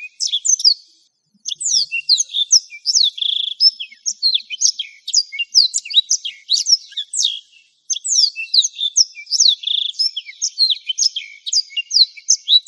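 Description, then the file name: Black-throated Canary: blackthroat delivering long runs of rapid, high chattering warble, dense chirps and buzzy trills, broken by two short pauses. "suara burung blackthroat"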